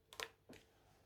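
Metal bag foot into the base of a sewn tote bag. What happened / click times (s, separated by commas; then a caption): The small metal feet snapped into place / 0.1 s, 0.2 s. Metal bag feet are pushed through the holes in the base of a sewn tote bag until they click home. Two sharp clicks land at 0.1 and 0.2 s, followed by a softer, lower knock at about 0.6 s. The feet seat into place.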